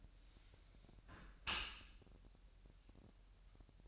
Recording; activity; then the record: daily activity, microphone in the room; close dishwasher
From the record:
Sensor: 2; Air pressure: 1000.3 hPa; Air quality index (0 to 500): 245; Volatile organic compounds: 89 ppm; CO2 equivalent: 3676 ppm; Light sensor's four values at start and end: 9/21/8/8 and 9/21/8/8